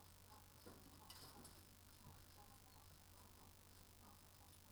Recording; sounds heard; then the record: poultry house recording; healthy chickens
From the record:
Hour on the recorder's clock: 18